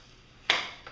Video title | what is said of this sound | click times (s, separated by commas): Dyson DC41 Review | this click means that the hose is locked on the wand | 0.5 s